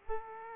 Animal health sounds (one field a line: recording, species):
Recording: mosquito wingbeat signal from an infrared sensor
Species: Aedes aegypti